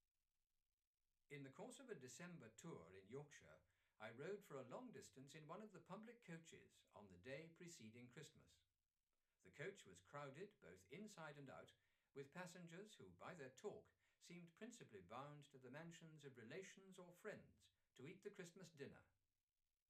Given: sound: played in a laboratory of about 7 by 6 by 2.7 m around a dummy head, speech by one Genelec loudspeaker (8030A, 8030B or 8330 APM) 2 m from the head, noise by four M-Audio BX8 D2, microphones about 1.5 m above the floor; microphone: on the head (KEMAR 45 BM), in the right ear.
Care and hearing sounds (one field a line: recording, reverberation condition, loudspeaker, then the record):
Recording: male speech in English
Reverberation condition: low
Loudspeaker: 120 degrees to the right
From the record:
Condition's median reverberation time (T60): about 310 ms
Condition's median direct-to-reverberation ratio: about 3.5 dB